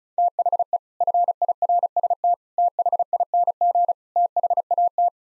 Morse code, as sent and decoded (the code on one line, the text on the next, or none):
- .... . / ..-. .. .-. ... - / - .... .. -. --. / - .... .- -
THE FIRST THING THAT